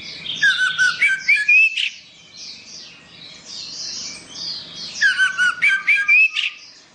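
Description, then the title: Orange-headed thrush song: two bursts of varied whistled and scratchy phrases about four seconds apart, ending with rising slurred whistles, with softer high chatter between. "Anis Merah"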